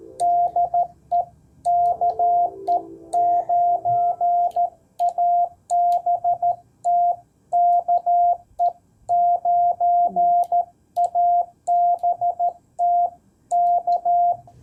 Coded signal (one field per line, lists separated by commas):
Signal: Morse code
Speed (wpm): 14 wpm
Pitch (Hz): 700 Hz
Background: radio noise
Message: DE KE9ABT KE9ABT K